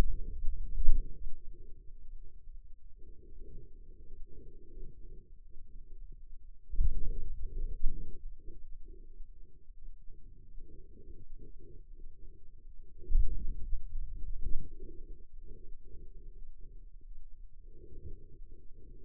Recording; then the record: forearm muscle sounds (acoustic myography)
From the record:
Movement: pen grasping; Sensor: system 2, bracelet of six BSWA MPA416 microphones around the upper forearm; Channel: 5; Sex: male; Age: 22 years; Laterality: right